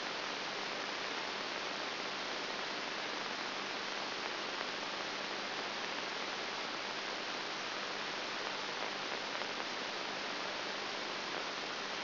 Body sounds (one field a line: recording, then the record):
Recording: brain microelectrode recording played as sound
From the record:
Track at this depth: outside the subthalamic nucleus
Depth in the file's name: 0.905 mm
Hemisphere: left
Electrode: 3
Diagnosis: Parkinson's disease